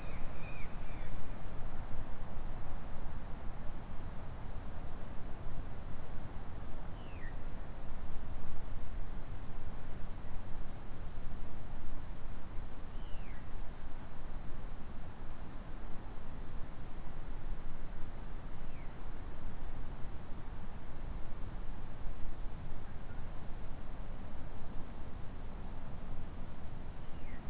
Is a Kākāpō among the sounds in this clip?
no